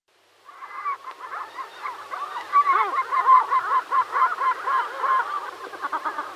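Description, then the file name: Caspian gulls calling together, a jumble of overlapping yelping and laughing notes forming a busy chorus. "Golosa ptic - Hohotunya Larus cachinnans"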